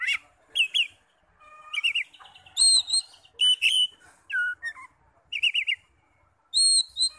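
Oriental magpie-robin song of bright whistles, quick warbled wavers and high thin notes, arranged in clipped phrases with brief gaps.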